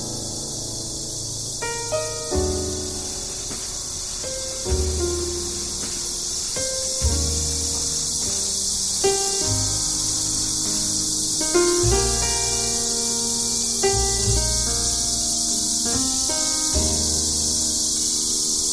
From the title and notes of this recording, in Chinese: 一座城市的声音记忆：蝉鸣。大狗采集了树上蝉儿的鸣叫，配上慵懒的爵士乐曲。